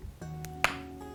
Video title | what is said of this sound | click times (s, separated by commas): Простая История Куклы Цушба 20.12.2019 | Вот щелчок произошел, глазик встал на место. | 0.6 s